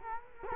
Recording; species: mosquito wingbeat signal from an infrared sensor; Culex quinquefasciatus